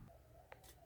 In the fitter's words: right, so it's snapped back in there.